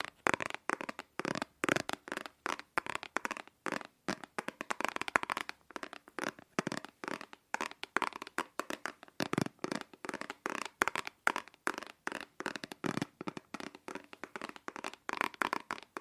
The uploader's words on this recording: ASMR Fast & Slow Tapping on 6 Objects No Talking.